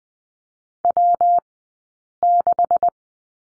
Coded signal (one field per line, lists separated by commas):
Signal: Morse code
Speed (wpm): 20 wpm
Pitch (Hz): 700 Hz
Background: none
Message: W6